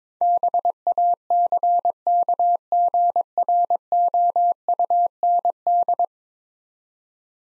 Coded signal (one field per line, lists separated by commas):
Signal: Morse code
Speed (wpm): 21 wpm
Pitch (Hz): 700 Hz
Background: none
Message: BACKGROUND